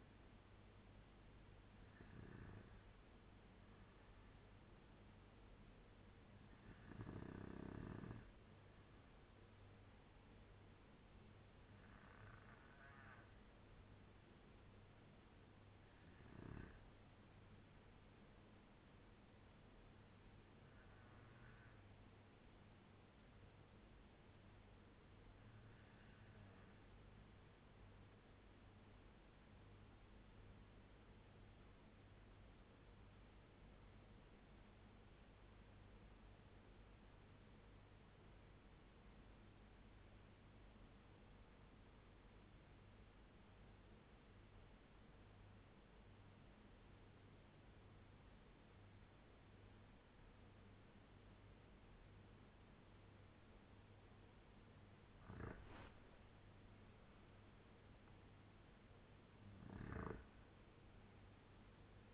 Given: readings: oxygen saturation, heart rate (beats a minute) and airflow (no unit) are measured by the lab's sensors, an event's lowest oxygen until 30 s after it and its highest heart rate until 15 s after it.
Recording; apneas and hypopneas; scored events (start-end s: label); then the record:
breathing in sleep by a voice recorder at the bedside; 1
28.00-57.40 s: obstructive apnea (REM, oxygen 98% highest, then 90% lowest, heart rate 82 at the start, 91 highest)
From the record:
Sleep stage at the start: REM sleep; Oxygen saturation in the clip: 91 to 98%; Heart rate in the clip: 78 to 91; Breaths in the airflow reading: 5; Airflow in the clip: -6.7 to 5.2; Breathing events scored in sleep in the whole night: 201 in 6.5 hours asleep